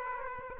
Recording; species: mosquito wingbeat signal from an infrared sensor; Aedes aegypti